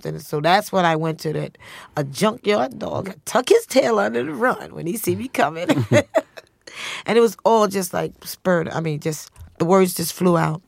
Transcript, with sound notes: And so that's what I went to, a junkyard dog, tuck his tail under and run when he see me coming. (Soundbite of laughter) And it was all just, like, spur - I mean, just the words just flew out.